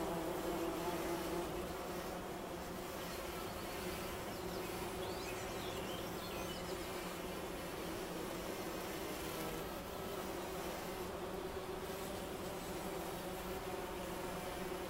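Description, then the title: Bumblebee buzzing, a low steady droning hum with stacked harmonics that holds throughout, with faint high chirps in the background. Wülfel, Hannover, Germany. "Wülfel, Hannover, Deutschland - Hummelgebrumm"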